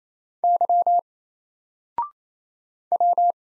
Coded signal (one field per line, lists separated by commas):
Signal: Morse code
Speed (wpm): 27 wpm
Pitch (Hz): 700 Hz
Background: none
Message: Y W